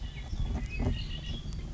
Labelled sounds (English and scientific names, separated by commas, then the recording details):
Red-winged Blackbird (Agelaius phoeniceus)
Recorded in Sonoma County, California